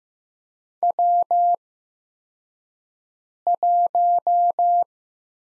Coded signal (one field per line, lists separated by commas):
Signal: Morse code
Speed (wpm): 15 wpm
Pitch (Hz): 700 Hz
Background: none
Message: W1